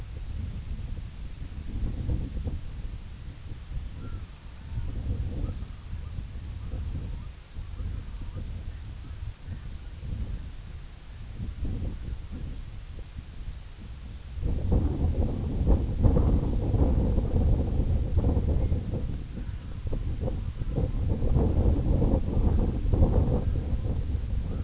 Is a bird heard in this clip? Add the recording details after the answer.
yes. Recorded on Arctic tundra, site IGLO-A, on 21 June 2018. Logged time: 15:59